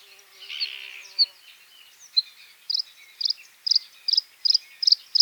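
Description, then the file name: Bluethroat song of metallic high double notes repeated steadily and getting louder. "varakushka"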